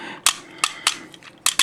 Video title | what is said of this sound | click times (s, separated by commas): Transformers Combiner Wars Leader G1 Megatron Review | you'll straighten them out and they'll click into place and it's actually a very nice solid connection like | 0.3 s, 1.5 s